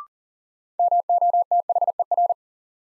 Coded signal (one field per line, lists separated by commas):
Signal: Morse code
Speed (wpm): 40 wpm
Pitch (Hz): 700 Hz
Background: none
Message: MOTHER